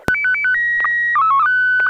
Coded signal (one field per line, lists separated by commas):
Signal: SSTV (slow-scan television)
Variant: Pasokon P3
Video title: N6NA SSTV Net - 12/28/2022